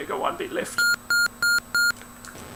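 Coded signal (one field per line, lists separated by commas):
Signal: none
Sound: game sound effect beeps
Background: speech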